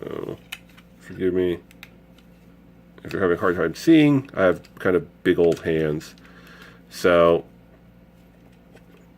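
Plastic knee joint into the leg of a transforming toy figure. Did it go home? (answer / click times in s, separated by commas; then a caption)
no / none. A plastic knee joint on a Transformers Titans Return Galvatron transforming toy figure is handled while being bent toward its locked position in the leg, as someone talks. Faint plastic handling taps are heard around 1.8 and 2.2 seconds, and the knee has not yet seated or clicked into place.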